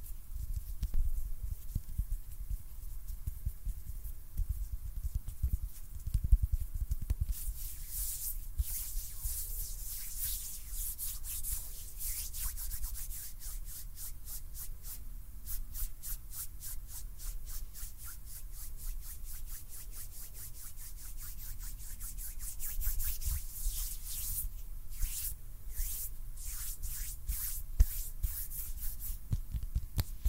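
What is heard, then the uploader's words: Hands rub and brush against a surface, making a dry, scratchy hiss. From about seven seconds the strokes turn into rapid, regular bursts of bright friction, thickest near twenty-five seconds, over a low rumble of handling and bumps. ASMR HAND SOUNDS NO TALKING.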